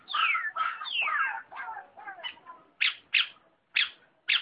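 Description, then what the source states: Long-tailed shrike song opening with loud descending slurred whistles and warbles, followed by four separate sharp high chirps. Combination song (kombinasi) style.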